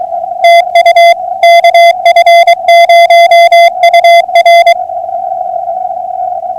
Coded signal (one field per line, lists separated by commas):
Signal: Morse code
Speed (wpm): 23 wpm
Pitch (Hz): 2050 Hz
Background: music, radio noise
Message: TU KF0UR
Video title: 08312024 POTA Hunting